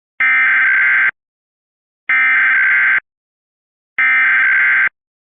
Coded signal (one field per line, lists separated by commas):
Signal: Emergency Alert System (SAME) tones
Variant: header bursts